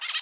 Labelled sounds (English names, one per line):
Brown-throated Parakeet contact call